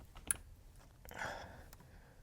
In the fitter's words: Push it in till you hear that click.